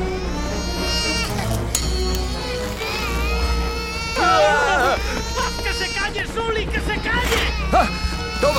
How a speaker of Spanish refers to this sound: Pero es un osito feliz, que no está llorando, no llores tú, porque nos van a encontrar y tendremos problemas. Deja de llorar ahora mismo.